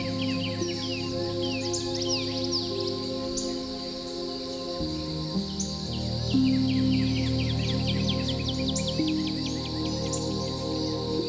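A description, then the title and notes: Morning forest with many small birds chirping and trilling in bright quick bursts throughout, over a steady low hum and drone in the background. Peaceful Morning in the Forest.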